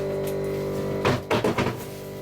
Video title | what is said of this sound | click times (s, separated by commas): Ambulance RV | That just slides up right there, locks into place. | 1.3 s